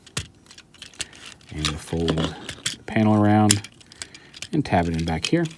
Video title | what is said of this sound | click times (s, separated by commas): Video Review: Transformers Generations Selects STAR CONVOY | straighten them out bring the foot down around those locks into place | 0.2 s